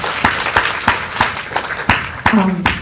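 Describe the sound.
An audience applauds loudly and steadily for a doctor, a dense wash of hand claps with sharper accents landing in a rough, regular rhythm, and a brief voice rising over it near the end.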